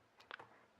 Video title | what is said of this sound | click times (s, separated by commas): Samsung Galaxy Note 4 Motherboard Replacement-Phone Repair is Easy | Push that connector into, it clicks into place, and now our board is ready to flip and put | 0.3 s